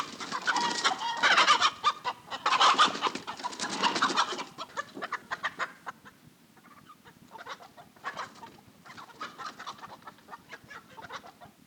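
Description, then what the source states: Chickens clucking agitatedly, a loud crowded burst of squawks for four seconds, then quieter scattered clucks and short cackles. Agitated chickens in a hen house.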